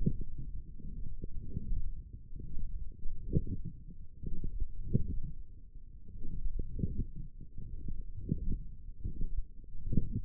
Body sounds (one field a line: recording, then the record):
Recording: forearm muscle sounds (acoustic myography)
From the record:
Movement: forearm supination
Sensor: system 1, eight BSWA MPA416 microphones around the upper forearm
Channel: 4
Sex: male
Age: 21 years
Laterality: right